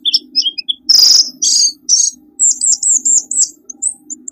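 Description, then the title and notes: Bird calls, a mix of short high chirps and buzzy notes, then a run of quick warbled whistles in the second half, over a faint steady low hum. Lure sounds for attracting wary birds that are hard to approach. "Suara Burung Bandel Yang Susah Mendekati. Kompilasi Suara Pikat Burung"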